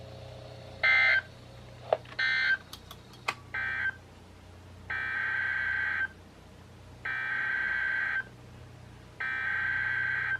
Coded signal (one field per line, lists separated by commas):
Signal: Emergency Alert System (SAME) tones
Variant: header bursts